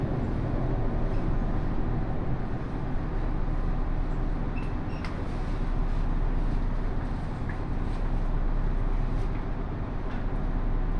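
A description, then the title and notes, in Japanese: A local train on the Takayama Main Line runs with a steady, dense low rumble, with faint brief squeaks and clicks around five and eight seconds. 高山本線普通 上呂→下油井。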